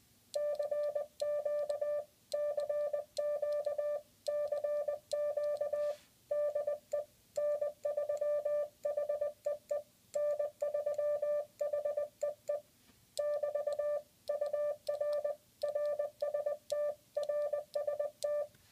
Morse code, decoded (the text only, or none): CQ CQ CQ DE N3HEE N3HEE <BT> UR RST RST